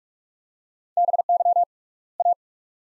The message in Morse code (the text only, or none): BY A